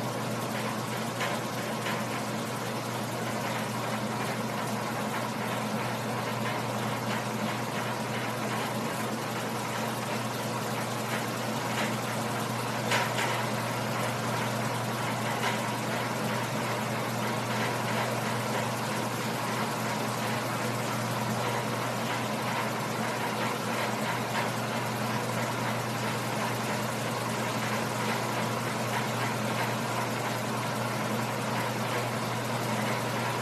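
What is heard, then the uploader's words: A washing machine runs steadily with a constant low hum and a droning tone underneath, much like an idling motor. Over it sits a dense, even wash of whirring and faint clicking and rattling that never builds or pauses across the half minute. Washing Machine | ASMR RELAX SLEEP MEDITATION.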